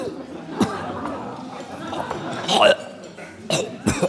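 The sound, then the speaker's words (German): A vicar, woken on a corner bench after two children emptied a small bottle of Maggi seasoning into his mouth, coughs in a few rough, irregular bursts, with a wet spitting sound among them, over a low murmur of voices and chatter as everyone laughs. “Er erwacht, spuckt aus und hustet, alles lacht.”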